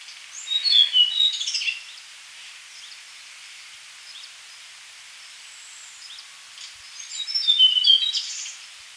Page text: Tickell's Blue Flycatcher Song. Quick Sounds